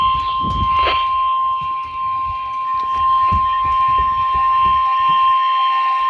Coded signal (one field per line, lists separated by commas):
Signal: Emergency Alert System (SAME) tones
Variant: 1050 Hz attention tone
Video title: Severe Thunderstorm Watch #503 (7/25/22)(EAS #1,126)